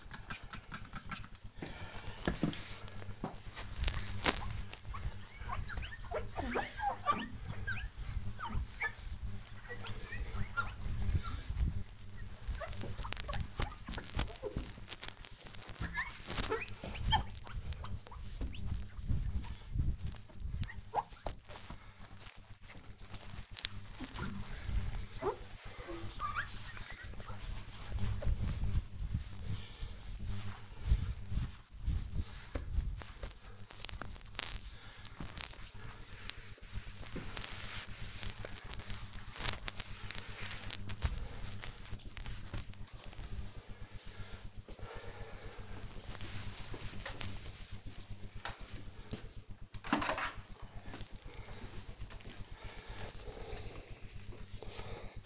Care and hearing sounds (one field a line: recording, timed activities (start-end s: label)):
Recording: household activities, microphone on the right wrist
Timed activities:
0.00-42.70 s: window cleaning
49.74-55.26 s: vacuum cleaning